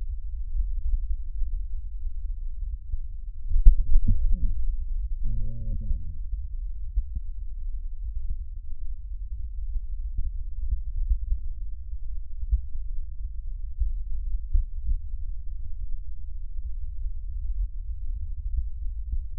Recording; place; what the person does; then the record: lung sounds by stethoscope; left posterior basal chest; quiet breathing, then cough and speech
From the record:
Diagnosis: COPD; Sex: male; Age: 60 years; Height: 171 cm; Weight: 59.4 kg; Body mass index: 20.3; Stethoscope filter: bell mode